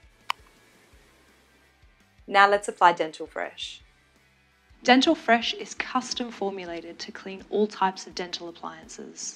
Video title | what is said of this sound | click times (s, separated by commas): How to clean and care for your sports mouthguard with HyGenie Sport | the top and turn it until it clicks locking it into place now | 0.3 s